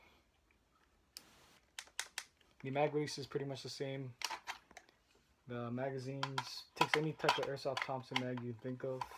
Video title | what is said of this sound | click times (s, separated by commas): Airsoft Thompson Model Differences | They also click into place nicely. | 1.2 s, 1.8 s, 2.0 s, 2.2 s